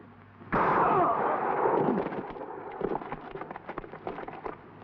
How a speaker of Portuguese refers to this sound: Ele está morto, Bill. Chefe, o tiro veio dessa direção.